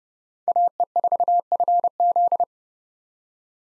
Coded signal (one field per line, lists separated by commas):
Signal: Morse code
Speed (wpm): 30 wpm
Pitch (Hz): 700 Hz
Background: none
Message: AE4FZ